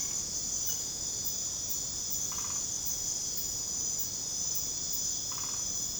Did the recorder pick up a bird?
no